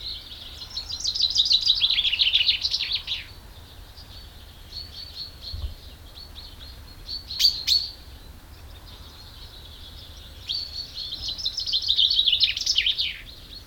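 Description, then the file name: Common chaffinch singing two full song phrases well apart, with quieter notes in the gap between them. "Fringilla coelebs"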